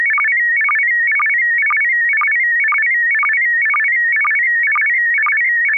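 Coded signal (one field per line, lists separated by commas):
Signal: SSTV (slow-scan television)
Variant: PD 120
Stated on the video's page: SSTV net on an FM repeater at 441.300 MHz in Sacramento, CA, using MMSSTV software.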